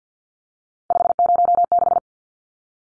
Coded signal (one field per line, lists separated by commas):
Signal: Morse code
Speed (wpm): 50 wpm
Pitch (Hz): 700 Hz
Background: none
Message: 506